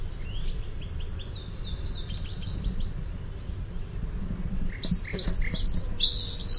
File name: SOSP song